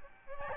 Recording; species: mosquito wingbeat signal from an infrared sensor; Aedes albopictus